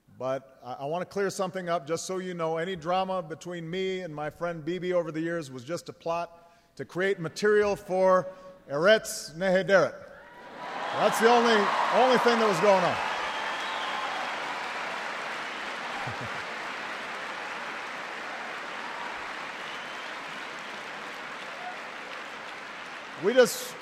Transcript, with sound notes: But I want to clear something up just so you know -- any drama between me and my friend, Bibi, over the years was just a plot to create material for Eretz Nehederet. (Applause.) That’s the only thing that was going on.